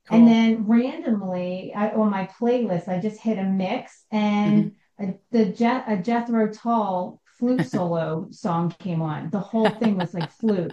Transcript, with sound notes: then randomly, uh, on my playlist, I just hit a mix and-
Mm-hmm.
... a- the je- a Jethro Tull flute solo-
(laughs)
... song came on. The whole thing-
(laughs)
... was, like, flute.